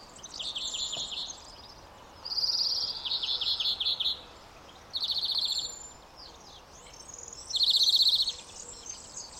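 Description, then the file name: European greenfinch giving bursts of fast buzzy trills every couple of seconds, fairly quiet against a constant hiss. "Chloris chloris"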